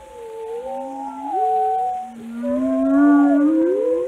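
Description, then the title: Whale calls, long tonal moans sliding upward and downward, overlapping in two or three strands, with a rising glide near the end. "Whale Watching: A Close Encounter with the Giants of the Sea"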